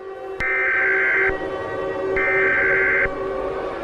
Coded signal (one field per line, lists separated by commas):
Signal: Emergency Alert System (SAME) tones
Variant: header bursts